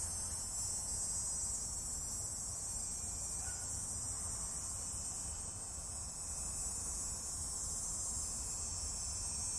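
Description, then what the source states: Cicada chorus, a continuous shrill buzzing wash with no breaks, steady throughout, above faint low background hum. Michigan, United States; several cicadas.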